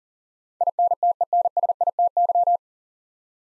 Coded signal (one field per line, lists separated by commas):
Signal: Morse code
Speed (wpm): 40 wpm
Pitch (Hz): 700 Hz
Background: none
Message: INTENSITY